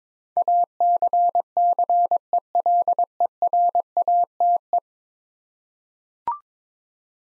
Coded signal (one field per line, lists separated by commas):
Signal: Morse code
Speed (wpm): 21 wpm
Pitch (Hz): 700 Hz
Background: none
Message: ACCELERATE